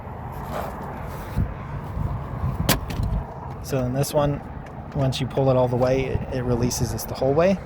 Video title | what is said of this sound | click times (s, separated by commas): How to Fold Down the Rear Seats in a Dodge Journey (2009-2020) | When you're ready for this to go back down, just push it down and it locks in place. | 2.9 s